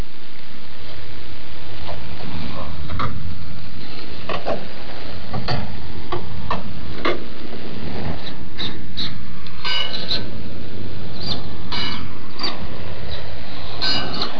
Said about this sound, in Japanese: はい、お聞きいただいているのは時計台の鐘の音です。ここは田園風景に佇む時計台がシンボルになっています。時は明治時代、まだ家ごとに時計はありませんでした。当時農作業をしていても遠くから時間を知ることができたのはこの時計台のおかげでした。